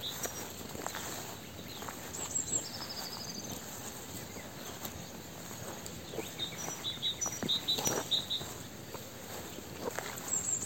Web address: SETE Parus major